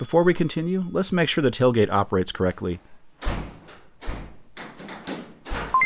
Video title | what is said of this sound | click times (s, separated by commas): Install a Tailgate Camera - Upgrade your Visibility with a Rear Camera - 2017 Ram 2500 HD Truck | ah and here we have our first issue the tailgate is not latching properly | none